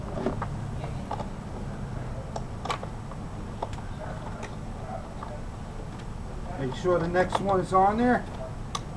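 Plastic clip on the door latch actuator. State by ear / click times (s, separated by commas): seated / 8.8 s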